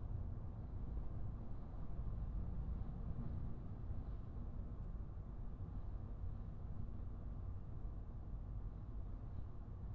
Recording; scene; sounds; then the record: everyday scene through a hearing-aid microphone; in a vehicle; engine, highway driving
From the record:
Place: Skoda Fabia, gasoline engine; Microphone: behind the ear, right, rear